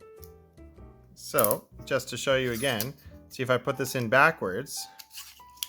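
An SSD tray is slid backwards into an external USB enclosure shell as a demonstration, with someone talking over soft background music. The tray slides in but does not lock into place, and nothing has seated or clicked yet; only a brief sharp tap is heard near 5.6 s.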